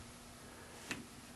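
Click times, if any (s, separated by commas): none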